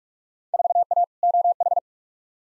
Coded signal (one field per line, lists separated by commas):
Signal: Morse code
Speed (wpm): 46 wpm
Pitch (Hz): 700 Hz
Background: none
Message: 4A OH